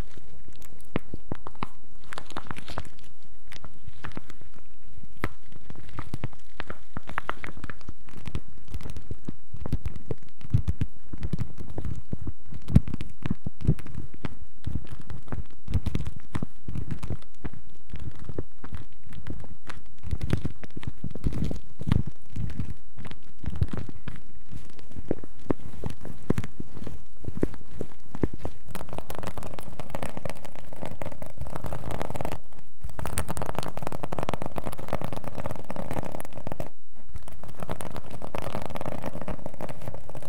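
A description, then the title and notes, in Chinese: Scratching goes on for the whole forty seconds, a dense, rapid run of rough strokes at a fairly even level. The texture is gritty and crunchy, with two brief pauses near the end before the scratching resumes. 抓挠声。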